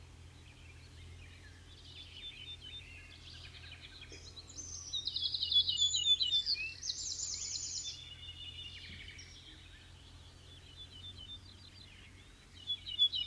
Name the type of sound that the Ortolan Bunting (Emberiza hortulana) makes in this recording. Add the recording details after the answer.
song. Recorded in the wild. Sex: male. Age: adult. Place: Uchte, Niedersachsen, DE. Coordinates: 52.5, 8.91667. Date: 1970-05-24. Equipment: Uher 4000 Report-S, Bändchenmikro Beyer M 260, Parabolspiegel Polyester (470 mm). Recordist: Conrads, Klaus